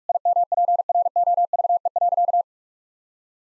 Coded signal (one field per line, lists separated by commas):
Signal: Morse code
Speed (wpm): 43 wpm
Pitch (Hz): 700 Hz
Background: none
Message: IMPROVE.